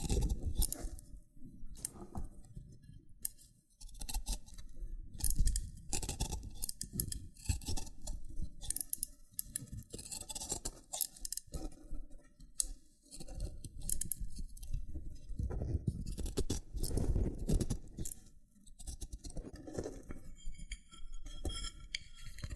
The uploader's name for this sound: Loofah Triggers with Intense Peeling & Popping Sounds